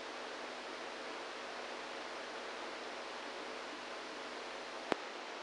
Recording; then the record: brain microelectrode recording played as sound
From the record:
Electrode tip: inside the subthalamic nucleus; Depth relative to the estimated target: -1 mm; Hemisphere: right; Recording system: NeuroSet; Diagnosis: Parkinson's disease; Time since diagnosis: 27 years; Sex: male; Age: 62 years